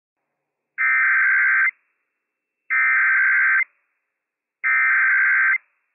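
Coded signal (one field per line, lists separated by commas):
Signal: Emergency Alert System (SAME) tones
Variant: header bursts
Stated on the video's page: Real, operational EAS tones for a Child Abduction Emergency on weather radio station WWF56, covering Washington State.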